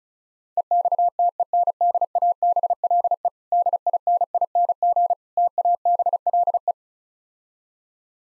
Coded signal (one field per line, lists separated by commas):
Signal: Morse code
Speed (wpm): 34 wpm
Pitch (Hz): 700 Hz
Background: none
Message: EXTENDABLE DINING TABLE